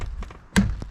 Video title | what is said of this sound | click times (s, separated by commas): Thanksmas Prep and HiBoost RV Signal Boost Install on Truck Camper - Season 4 Ep 5 V 224 @hiboost | And then that just snaps right into place when you go down the road. | 0.6 s